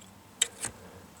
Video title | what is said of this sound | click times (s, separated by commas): Chevy GMC Tow / Haul Fix | you hear the click you're safe seat belt campaign still stuck in my head | 0.4 s